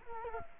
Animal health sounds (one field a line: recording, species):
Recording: mosquito wingbeat signal from an infrared sensor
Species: Culex quinquefasciatus